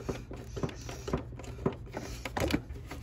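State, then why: Not seated. A new LED bar headlight unit is pressed again and again into the clips of its headlight mounting bracket, giving a series of short plastic knocks and taps at about 0.6, 1.1, 1.7, 2.3, 2.4 and 2.5 seconds. The headlight has not clicked into the bracket, and it will not seat at all, so zip ties are used instead.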